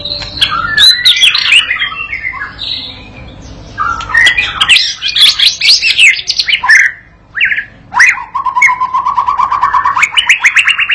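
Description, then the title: White-rumped shama song, varied loud whistled phrases and clicks, ending in a steady rapid trill of repeated notes. Young shama (murai batu paud) learning to sing in gacor style; master lure song used to train it and prompt it to answer at once. "MURAI BATU PAUD BELAJAR GACOR, AJARI DENGAN MASTERAN PANCINGAN INI, PANCING LANGSUNG NYAUT"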